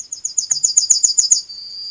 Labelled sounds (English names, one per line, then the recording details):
Yellowhammer song
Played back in forest
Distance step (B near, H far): B
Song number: 158